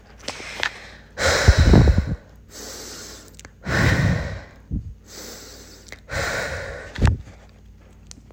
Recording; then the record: deep breathing after running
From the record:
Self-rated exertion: moderate exertion (3 of 6); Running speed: 5 miles an hour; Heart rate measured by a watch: 142 beats a minute at the start, 140 at the end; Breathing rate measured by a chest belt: 15 breaths a minute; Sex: female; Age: 18 years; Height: 171 cm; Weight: 75 kg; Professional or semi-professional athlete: no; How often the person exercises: 1 to 2 times a week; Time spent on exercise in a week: under 1 hour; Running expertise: no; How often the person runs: 1 to 2 times a week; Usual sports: running, fencing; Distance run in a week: 3 km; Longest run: 21.3 km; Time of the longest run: 190 minutes